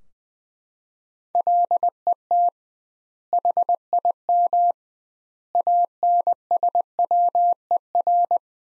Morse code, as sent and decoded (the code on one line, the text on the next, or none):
.-.. . - / .... .. -- / .- -. ... .-- . .-.
LET HIM ANSWER